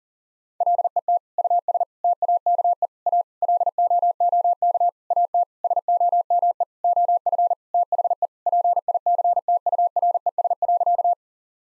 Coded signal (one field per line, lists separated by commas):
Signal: Morse code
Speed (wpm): 40 wpm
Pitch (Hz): 700 Hz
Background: none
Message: LET US TAKE A LOOK AT SOME OF THE PICTURES.